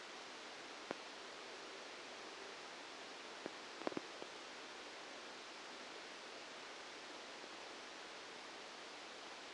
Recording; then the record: brain microelectrode recording played as sound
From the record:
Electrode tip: outside the subthalamic nucleus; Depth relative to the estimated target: -8 mm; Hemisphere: left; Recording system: NeuroSet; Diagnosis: Parkinson's disease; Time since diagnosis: 8 years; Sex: male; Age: 65 years